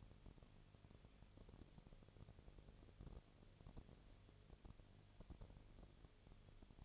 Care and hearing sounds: daily activity, microphone in the room; no activity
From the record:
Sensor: 4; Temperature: 22.4 degrees Celsius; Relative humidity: 31.2%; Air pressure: 1004.1 hPa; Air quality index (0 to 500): 85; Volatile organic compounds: 1 ppm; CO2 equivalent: 767 ppm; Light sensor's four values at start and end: 2/3/1/1 and 2/3/1/1

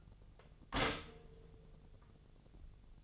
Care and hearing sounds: daily activity, microphone in the room; stop toaster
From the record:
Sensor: 4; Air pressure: 1001.1 hPa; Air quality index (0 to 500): 164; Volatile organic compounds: 2 ppm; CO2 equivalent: 1194 ppm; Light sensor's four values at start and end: 18/41/17/18 and 17/39/17/17

